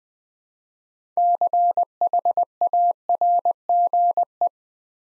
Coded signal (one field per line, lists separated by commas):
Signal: Morse code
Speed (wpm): 20 wpm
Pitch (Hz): 700 Hz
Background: none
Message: CHARGE